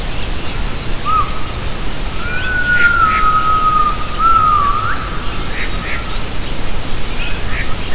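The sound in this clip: Gibbon call, a clear wavering whistled note held for a couple of seconds with small dips, preceded by a brief upslurred note, over steady low background hiss.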